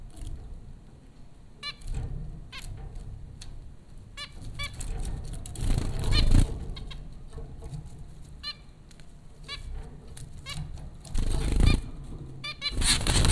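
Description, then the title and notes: Zebra finch calls: nasal, trumpet-like beeps repeated at irregular intervals, with occasional louder thumps and rustles and a steady low hum. Four zebra finches at Popcorn School, Flatbush, Brooklyn, New York, April 15, 2009. "Dronecast No. 030: The Popcorn Finches Four from Apr 15, 2009. Zebra finches recorded by Dan Bodah at Popcorn School, Flatbush, Brooklyn NY in April 2009"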